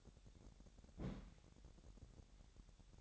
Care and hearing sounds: daily activity, microphone in the room; place on stove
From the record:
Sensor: 3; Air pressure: 1012.0 hPa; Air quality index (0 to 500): 219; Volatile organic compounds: 4 ppm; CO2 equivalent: 1632 ppm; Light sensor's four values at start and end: 93/219/90/80 and 93/219/90/80

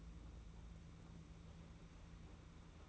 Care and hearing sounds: daily activity, microphone in the room; place on stove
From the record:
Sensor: 1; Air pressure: 991.9 hPa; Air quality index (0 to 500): 216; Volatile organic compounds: 1000 ppm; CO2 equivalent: 8413 ppm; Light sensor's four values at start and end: 22/76/30/30 and 22/76/30/30

